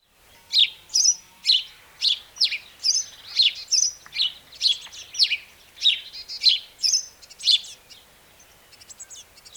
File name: Passer domesticus